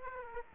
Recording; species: mosquito wingbeat signal from an infrared sensor; Aedes aegypti